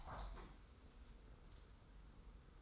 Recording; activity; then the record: daily activity, microphone in the room; open window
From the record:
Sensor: 3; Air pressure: 990.3 hPa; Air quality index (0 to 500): 183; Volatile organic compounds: 1000 ppm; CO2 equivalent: 5939 ppm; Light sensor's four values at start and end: 34/80/32/30 and 33/79/32/30